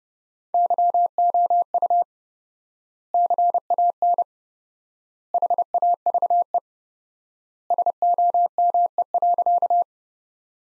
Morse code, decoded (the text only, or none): YOU CAN HAVE SOME.